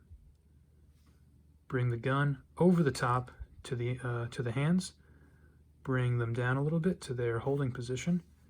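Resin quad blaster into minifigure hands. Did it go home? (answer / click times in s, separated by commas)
no / none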